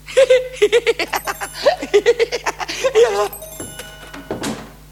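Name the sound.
telephone ringing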